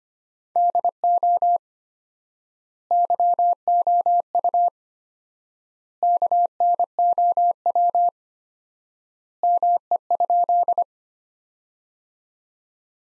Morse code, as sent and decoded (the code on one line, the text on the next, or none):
-.. --- / -.-- --- ..- / -.- -. --- .-- / -- . ..--..
DO YOU KNOW ME?